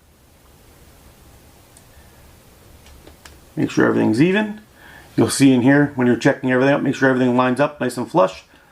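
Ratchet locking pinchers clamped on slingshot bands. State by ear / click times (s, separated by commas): not seated / none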